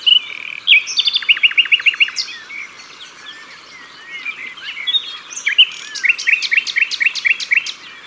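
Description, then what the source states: Common nightingale song: short phrases of quick repeated notes, varied chirps between, and a final run of repeated high strokes, with other birds calling softly. Recorded at the water's edge.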